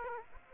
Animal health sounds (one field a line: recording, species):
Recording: mosquito wingbeat signal from an infrared sensor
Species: Aedes aegypti